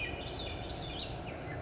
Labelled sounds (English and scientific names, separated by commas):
Swainson's Thrush (Catharus ustulatus)